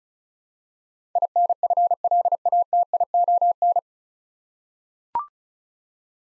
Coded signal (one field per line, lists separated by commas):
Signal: Morse code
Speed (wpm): 36 wpm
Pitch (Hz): 700 Hz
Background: none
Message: INFLATION